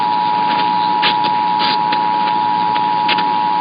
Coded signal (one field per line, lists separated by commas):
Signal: Emergency Alert System (SAME) tones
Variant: 853 and 960 Hz attention tone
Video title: Late April Monthly and Weekly Chaos (EAS #10815-10824) 4/26/23